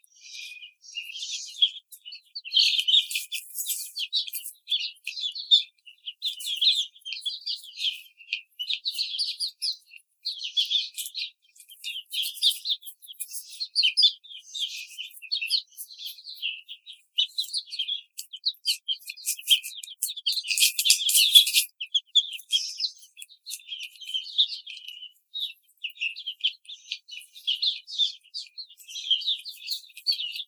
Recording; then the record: young laying hens in a cage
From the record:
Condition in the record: treatment cage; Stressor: simulated dog barking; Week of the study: 5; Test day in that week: 1